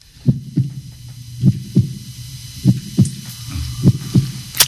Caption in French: Le premier son qu'on a tous entendu. C'est la première chose qu'on entend, les battements du cœur de sa mère.